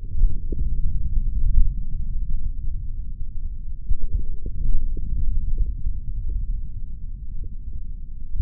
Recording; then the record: forearm muscle sounds (acoustic myography)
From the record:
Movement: forearm pronation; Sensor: system 3, bracelet of six PUI Audio POM-2738L microphones around the upper forearm, with dedicated amplification and filtering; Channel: 4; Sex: male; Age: 23 years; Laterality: right